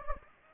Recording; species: mosquito wingbeat signal from an infrared sensor; Anopheles gambiae